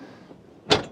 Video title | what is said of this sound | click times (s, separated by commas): How To Use A RIB Altair Campervan Bed | And when you hear that clunk from the metal bar, you know that it's engaged. | 0.7 s